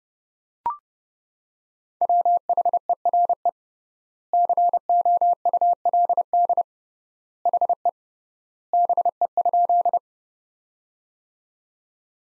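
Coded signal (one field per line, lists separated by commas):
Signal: Morse code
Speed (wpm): 30 wpm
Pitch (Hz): 700 Hz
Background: none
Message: WHERE COULD HE BE?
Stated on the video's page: Morse practice sentences from the top 200 words at 30 wpm with three times standard word spacing.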